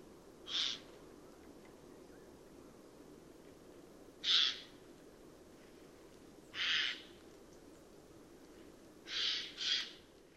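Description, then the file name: Eurasian jay calling with harsh, hoarse screeches, five bursts spaced roughly two to four seconds apart, the last two close together. "Garrulus glandarius"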